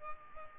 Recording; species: mosquito wingbeat signal from an infrared sensor; Culex pipiens